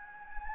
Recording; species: mosquito wingbeat signal from an infrared sensor; Anopheles gambiae